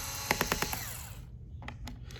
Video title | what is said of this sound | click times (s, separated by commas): Lenovo Yoga 11e Gen 5 Disassemble Laptop | When you hear the clicking, that means it's already loose. | 0.3 s, 0.4 s, 0.5 s, 0.6 s, 0.7 s